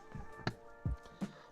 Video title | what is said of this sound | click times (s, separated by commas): The Bolt EUV: One-Year and 30,000 Miles Later | you hear it snap | 0.5 s